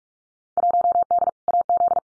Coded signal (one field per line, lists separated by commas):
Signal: Morse code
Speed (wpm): 46 wpm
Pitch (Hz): 700 Hz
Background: none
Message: 1D AZ